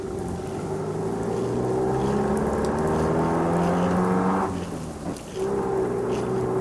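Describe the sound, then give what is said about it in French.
Heavy rain pours down steadily in terrible weather with deep thunder-like rumbling, while a taxi's low droning engine hum with wavering pitch runs underneath, briefly dipping near the end before resuming; the taxi heads from Versailles toward Jouy-en-Josas. “C'est par un temps épouvantable que notre gentleman prend un taxi”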